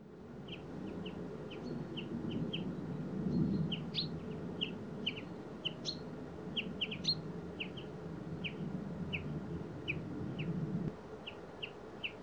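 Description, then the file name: Common chaffinch calls: short, sharp chirps repeated rapidly and irregularly throughout, over a low rumble of background noise that cuts out at about eleven seconds. "Fringilla coelebs"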